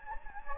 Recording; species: mosquito wingbeat signal from an infrared sensor; Anopheles gambiae